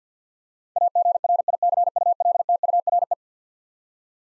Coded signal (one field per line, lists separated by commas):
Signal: Morse code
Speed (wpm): 50 wpm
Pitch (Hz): 700 Hz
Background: none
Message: AGRICULTURE